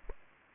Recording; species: mosquito wingbeat signal from an infrared sensor; Aedes aegypti